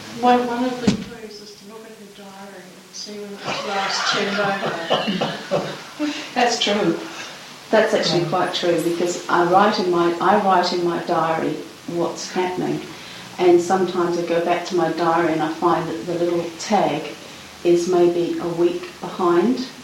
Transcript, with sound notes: One of the closest is to look in her diary and see when it was last turned over. (laughter) That's true, that's actually quite true, because I write in my, I write in my diary what's happening and sometimes I go back to my diary and I find that the little tag is maybe a week behind,